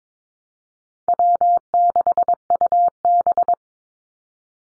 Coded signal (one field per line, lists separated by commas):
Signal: Morse code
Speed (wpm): 22 wpm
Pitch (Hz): 700 Hz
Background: none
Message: W6UB